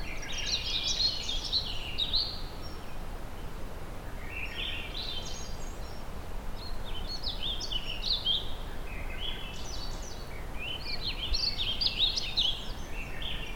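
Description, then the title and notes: Swainson's thrush song, fluty upward-spiraling phrases every few seconds, rising in pitch, over a steady hiss of background noise. Duo of Swainson's thrushes singing in the montane zone, about 1400 m, Northeast Oregon; they return a month after Hermit thrushes; upward spiraling song. "A Swainson's thrush duo (Catharus ustulatus). The Swainsons return to the montane zone ±1400 meters in Northeast Oregon a good month after the Hermit thrushes. About the same time the beautiful white Wood Anemone flowers. It's music makes a unique and surreal upward spiraling movement"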